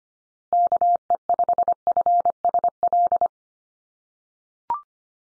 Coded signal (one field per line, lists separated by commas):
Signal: Morse code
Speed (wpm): 25 wpm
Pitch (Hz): 700 Hz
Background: none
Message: KE5FSL